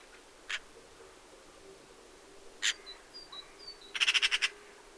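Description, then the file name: Eurasian magpie chattering, a quick rattle of about six harsh notes near the end, preceded by a few single rasping calls and faint high whistles. "Pica pica"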